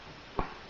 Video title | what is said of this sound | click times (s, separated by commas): IF-EX18 - Lord Scorpion (Comic Version) AKA Scorpnok - Transformer of the Week | and they click. | 0.4 s